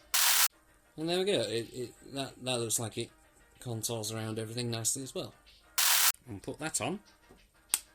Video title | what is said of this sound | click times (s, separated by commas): Blokees Building Transformers Rise of the Beasts Mirage & Optimus! | with a nice snap. | 7.7 s